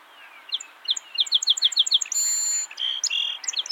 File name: Melospiza melodia - Song Sparrow